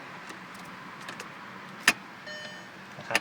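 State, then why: Seated. With the engine off on an MG3, the steering wheel is turned until the steering column lock pin drops into the steering column. A sharp click at 1.9 s marks the pin seating and the wheel locking, followed by a faint hum and another softer knock near 3.1 s.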